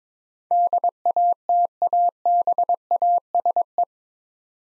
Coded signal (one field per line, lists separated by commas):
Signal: Morse code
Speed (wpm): 23 wpm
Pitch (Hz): 700 Hz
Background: none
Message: DATABASE